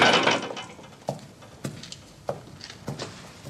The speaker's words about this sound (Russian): Закрывает дверь.